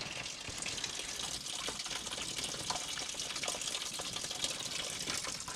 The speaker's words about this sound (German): Es läuft Schmelzwasser vom Berg. Gestern hat es geregnet. Dann hat es geschneit. Jetzt taut es. Die ganze Straße ist hier ordentlich nass.